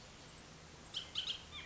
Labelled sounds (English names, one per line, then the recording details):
Bullock's Oriole
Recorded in Sonoma County, California